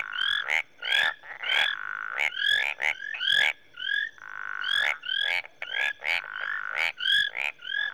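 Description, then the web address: Frog chorus of marsh and tree frogs: rapid clicking croaks and bright chirps overlap with sustained droning notes, with brief pauses between bursts. Mixed chorus of marsh frogs and tree frogs recorded in Rwanda, Africa. "Africa - Natural World 08 Rwanda, Marsh And Tree Frogs"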